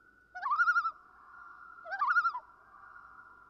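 Common loon giving two short wavering tremolo calls, rapid quavering laughs about one and a half seconds apart, with a faint steady tone lingering between them.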